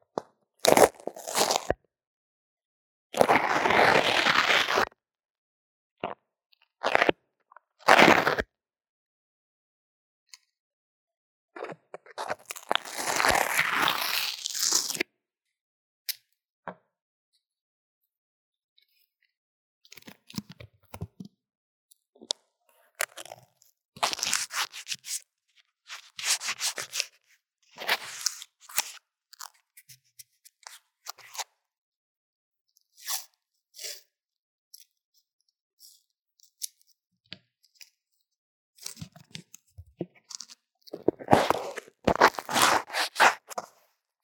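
Drawing and makeup sounds, picked up by an earphone mic in lo-fi quality: scratchy, crunchy strokes and rubbing come in bursts separated by near-silent gaps. Longer, denser scrapes fall around 3–5, 12–15 and 41–43 seconds, with sparser light taps and clicks between.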